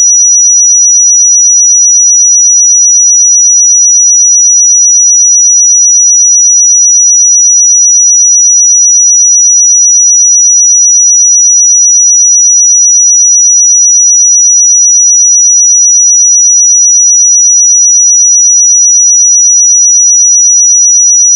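A pure sine tone at 5854 Hz sounds steadily for the whole clip, a single thin, high, piercing whistle. Its pitch and loudness never change, and there is no other sound underneath it, only silence, until it cuts off abruptly at the very end.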